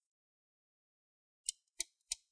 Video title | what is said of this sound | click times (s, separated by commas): Dell G3 17 Gaming 🚩 P35e003 💻 Repaste cleaning service | there we go once you remove all the screws except the two back and now we're going to rotate this one and you should hear a few clicks | 1.5 s, 1.8 s, 2.1 s